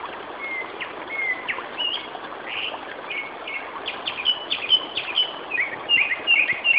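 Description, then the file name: Japanese thrush song of rapid whistled notes, mixing flat tones and quick upward and downward slurs, growing busier and louder in the second half, with steady background noise. "Turdus cardis"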